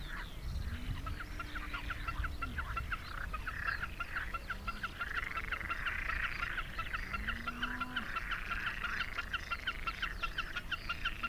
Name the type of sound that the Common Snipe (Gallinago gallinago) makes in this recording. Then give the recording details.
song. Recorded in the wild. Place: Zarnekow, Peenetal, Mecklenburg-Vorpommern, DE. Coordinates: 53.8767, 12.8836. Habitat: greenland. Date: 2010-06-08 16:40. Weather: fair, 20°C, weak easterly winds. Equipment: Sound Devices 702, Sennheiser MKH 70, Rycote Windschutz. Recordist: Frommolt, Karl-Heinz. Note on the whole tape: Polder Zarnekow-Upost: Tickern vom Boden. Entfernung ca